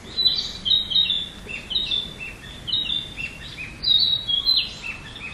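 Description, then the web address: Narcissus flycatcher song: a steady run of short, clear whistled notes and slurred phrases, some rising and some falling, continuing through the whole stretch over a faint background hiss. "udragon kibitaki"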